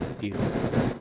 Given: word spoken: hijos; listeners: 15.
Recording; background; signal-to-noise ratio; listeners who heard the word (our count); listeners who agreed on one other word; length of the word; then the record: one Spanish word in noise, from a listening test; noise modulated by one talker; -10.2 dB; 5 of 15; 6 of 15; 0.61 s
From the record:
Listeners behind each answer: 6, 5, 2, 1, 1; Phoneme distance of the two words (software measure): 7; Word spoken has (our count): 2 syllables, 4 phonemes, stress on syllable 1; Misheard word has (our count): 2 syllables, 3 phonemes, stress on syllable 1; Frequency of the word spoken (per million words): 163.83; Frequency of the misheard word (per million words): 198.59